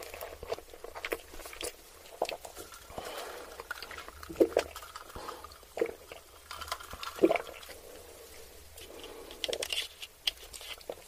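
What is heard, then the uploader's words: Someone eats ramen noodles and chicken nuggets, with irregular crunchy bites and wet chewing sounds scattered throughout. Louder crisp bites stand out around 4, 7 and 10 seconds. A low steady hum runs underneath the whole time. Eating ramen noodles and chicken nuggets.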